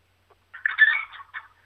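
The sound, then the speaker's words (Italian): A Padovana hen gives one short, raspy clucking squawk followed by a brief second note, thin and tinny as heard over a telephone line, with no talking. “Faccia sentire la gallina padovana, su.”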